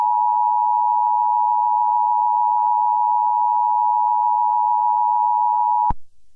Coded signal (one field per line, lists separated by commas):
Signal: Emergency Alert System (SAME) tones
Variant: 853 and 960 Hz attention tone